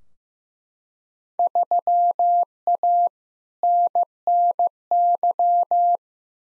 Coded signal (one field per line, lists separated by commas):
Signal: Morse code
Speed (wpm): 15 wpm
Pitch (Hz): 700 Hz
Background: none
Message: 3A NNY